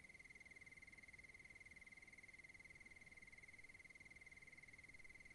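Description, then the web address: Cricket calling in a steady high-pitched pulsing trill without pause, over background hiss. "sonniss-gdc-audio crickets-suttoncricket"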